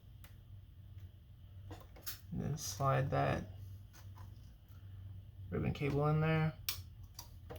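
While a PS5 disc drive is refitted, someone talks as its ribbon cable is slid into the console board connector. Faint taps are followed by a sharp click at 6.7 s as the connector seats.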